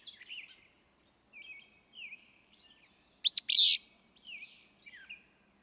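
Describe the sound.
Willow flycatcher: one loud, abrupt two-part sneezy phrase past midway, surrounded by quieter slurred whistles and chirps.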